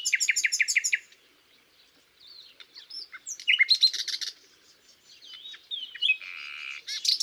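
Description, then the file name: Common nightingale song opens with a rapid string of repeated chips, pauses, then goes on with sliding whistles, loud stuttering notes and a buzzy passage. "Luscinia megarhynchos"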